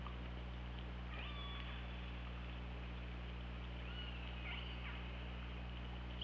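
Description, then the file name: Killer whale calls: faint upswept tonal calls with harmonics, several separate calls spread a few seconds apart, over steady low hum and hiss. Recorded by hydrophone on 24 August 2017 at 21:22. "Orca Lab"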